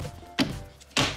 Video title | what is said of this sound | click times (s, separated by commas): How to DELETE the armrest out of your MINI Cooper | by kind of pushing it down until we hear it snap into place | 0.4 s